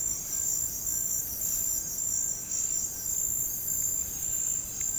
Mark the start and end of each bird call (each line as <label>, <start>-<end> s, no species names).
bird call, 0.00-4.98 s